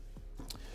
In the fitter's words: Une petite sangle qui se clipse.